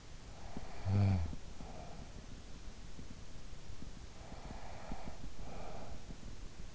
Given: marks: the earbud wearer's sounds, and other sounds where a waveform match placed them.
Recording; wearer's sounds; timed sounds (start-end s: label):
sounds in sleep by an in-ear microphone; snoring breath, breath
0.09-2.89 s: snoring breath
3.82-6.75 s: breath